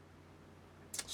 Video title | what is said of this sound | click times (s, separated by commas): ONELEAF.AI COMMANDER NV100 PLUS | solid click and attached secured fit no droop on the unit | 0.9 s, 1.0 s